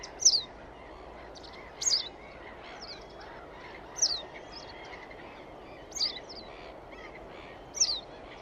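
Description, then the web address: Bird calling with five sharp, high, downward-sweeping chirps against constant background noise. "cianscape birddata Deverinetal 2025"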